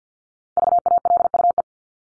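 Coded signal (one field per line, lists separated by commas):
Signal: Morse code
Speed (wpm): 50 wpm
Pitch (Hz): 700 Hz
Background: none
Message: VALUE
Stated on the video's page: Morse practice of the top 100 words ending in ES or S and their root words, at 50 wpm for head-copy training.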